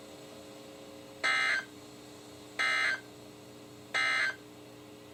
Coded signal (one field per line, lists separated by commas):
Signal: Emergency Alert System (SAME) tones